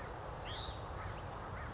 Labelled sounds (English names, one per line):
Hutton's Vireo